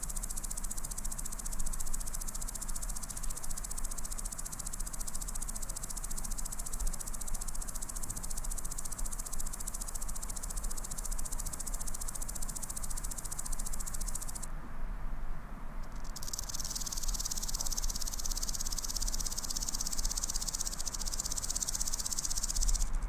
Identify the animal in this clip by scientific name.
Omocestus viridulus